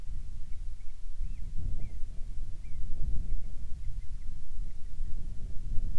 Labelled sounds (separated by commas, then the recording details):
bird
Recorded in the Arctic National Wildlife Refuge, Alaska, on 10 July 2019 at 18:05
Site 44